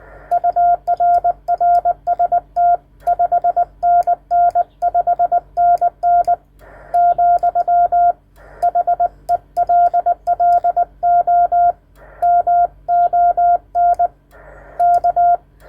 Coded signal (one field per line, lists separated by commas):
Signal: Morse code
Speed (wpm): 20 wpm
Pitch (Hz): 700 Hz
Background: none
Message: UR RST 5NN 5NN , HELLO MON K